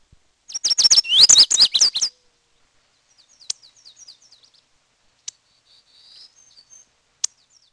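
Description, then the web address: Bird gives a fast burst of high, sharp chirps and slurred whistles lasting about a second and a half, then softer scattered high notes and a few isolated clicks. "Peterson North American Birds"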